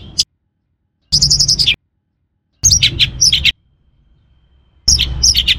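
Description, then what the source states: Orange-headed thrush singing clipped phrases of high, bright chirps and descending whistled notes in four bursts, separated by pauses. Known locally in Indonesian as anis merah; the bird's song.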